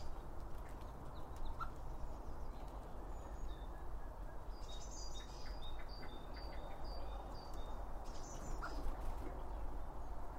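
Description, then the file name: Birds giving faint, short high chirps, a loose run of quick notes in the middle, over a steady low rumble of background noise. Birds around a bird feeder, recorded with two Line Audio OM 1 microphones. "Birds Around Birdfeeding With Two Om 1 From Line Audio"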